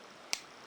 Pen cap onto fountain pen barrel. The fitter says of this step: There we go, with a lovely satisfying click, and there we have it.